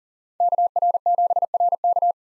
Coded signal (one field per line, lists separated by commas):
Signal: Morse code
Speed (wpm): 38 wpm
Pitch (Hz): 700 Hz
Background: none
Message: KR7RK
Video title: 2023 SOTA Activator Call Signs - 40wpm